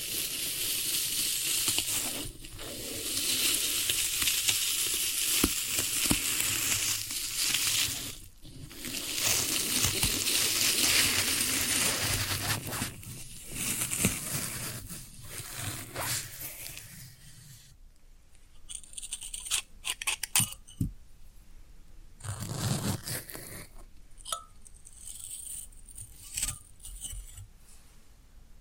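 Floral foam being handled and crushed, with dense crackly crumbling that fills the first eighteen seconds in long bursts broken by brief pauses. After that the sound thins into scattered sharp clicks and small crunches, with one more short bout of rustling near twenty-two seconds.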